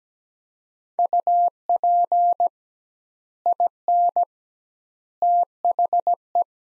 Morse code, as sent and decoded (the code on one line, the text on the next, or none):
..- .--. / .. -. / - .... .
UP IN THE